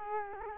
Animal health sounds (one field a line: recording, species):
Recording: mosquito wingbeat signal from an infrared sensor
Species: Culex quinquefasciatus